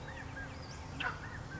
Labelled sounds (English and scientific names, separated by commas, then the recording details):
Western Flycatcher (Empidonax difficilis)
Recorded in Sonoma County, California